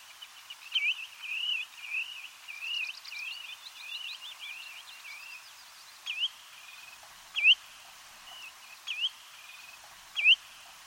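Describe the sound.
Bird singing a stream of wavy warbled whistles for several seconds, then switching to single sharp upslurred whistled notes repeated about every one and a half seconds.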